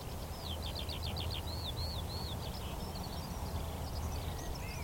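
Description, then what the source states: Eurasian skylark song: rapid high warbling of chirps, slurred whistles and short trills over a steady low rumble. Chorus of skylarks rising from young barley, singing exultantly while climbing ever higher into cloudy sky; vast open field, northern edge of the Cotswolds, South Warwickshire.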